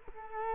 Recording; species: mosquito wingbeat signal from an infrared sensor; Culex quinquefasciatus